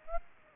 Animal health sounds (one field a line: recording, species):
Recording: mosquito wingbeat signal from an infrared sensor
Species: Aedes aegypti